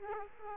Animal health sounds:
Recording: mosquito wingbeat signal from an infrared sensor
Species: Aedes aegypti

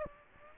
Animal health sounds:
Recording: mosquito wingbeat signal from an infrared sensor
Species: Aedes aegypti

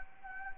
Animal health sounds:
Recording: mosquito wingbeat signal from an infrared sensor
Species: Anopheles arabiensis

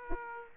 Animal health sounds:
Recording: mosquito wingbeat signal from an infrared sensor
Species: Aedes aegypti

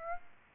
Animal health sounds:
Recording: mosquito wingbeat signal from an infrared sensor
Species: Aedes aegypti

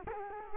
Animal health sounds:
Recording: mosquito wingbeat signal from an infrared sensor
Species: Culex quinquefasciatus

